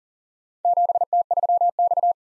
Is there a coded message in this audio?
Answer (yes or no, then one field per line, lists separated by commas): yes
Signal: Morse code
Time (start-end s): 0.6-2.1 s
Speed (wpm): 39 wpm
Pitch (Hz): 700 Hz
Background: none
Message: 7T3X